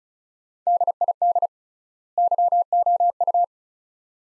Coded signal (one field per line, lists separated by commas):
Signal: Morse code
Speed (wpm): 34 wpm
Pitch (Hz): 700 Hz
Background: none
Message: DID YOU